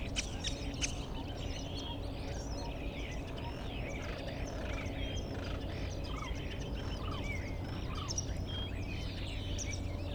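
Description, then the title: Common starling song, a dense chatter of squeaks, short slurred whistles and croaking notes, continuous throughout, with constant low background noise. Starlings settled outside a window in rural Poland, mimicking other birds rather than car alarms; no pond nearby; recorded with Zoom F4 and AT BP4025. "Goworów 6, 57-515, Poland - Starlings mimicking other species"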